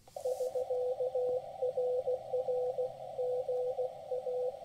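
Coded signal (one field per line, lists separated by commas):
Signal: Morse code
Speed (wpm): 16 wpm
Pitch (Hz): 500 Hz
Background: radio noise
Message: <SK>RR GA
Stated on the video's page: QRP CW SOTA summit activation on an mcHF QRP radio with paddle key and 15/17/20 m linked dipole, around 14.063, 18.080 and 21.063 MHz.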